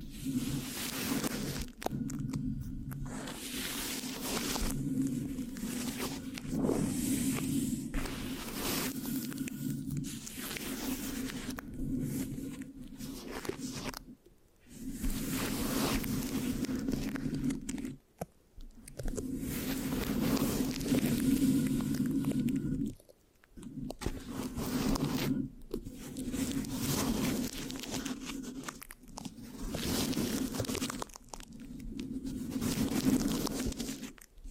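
Sticky microphone scratching in dense, uneven bursts with a low rumbling core, broken by brief silences near 14, 18 and 23 seconds.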